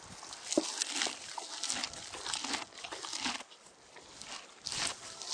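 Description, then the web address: Horse eating hay, with crinkly crunching and tearing of dry stems in uneven bursts, briefly quieter near the end before chewing resumes. "SFXSource AOS Horse Eat Hay"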